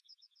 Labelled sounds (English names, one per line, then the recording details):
Yellowhammer song
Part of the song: start
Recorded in the Czech Republic on 30 March 2013
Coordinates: 50.695, 15.107
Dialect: B?
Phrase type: A78
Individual 297562